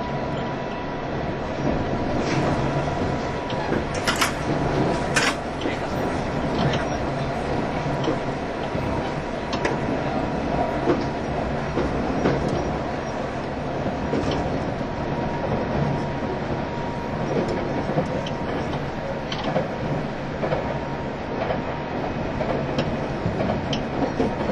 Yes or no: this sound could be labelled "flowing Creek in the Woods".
no